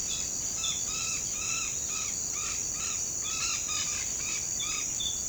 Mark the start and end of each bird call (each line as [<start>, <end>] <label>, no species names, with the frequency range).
[0.00, 5.24] bird call (0.6-5.8 kHz)